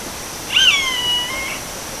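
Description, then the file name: Roadside hawk giving one long, harmonic-rich mewing scream, slightly falling in pitch and fading after about a second, with a quiet hissing background. Recorded in Uruguay on 17 April 2013. "Rupornis-magnirostris-Lag Diario-UY-17-4-13-ASilveira"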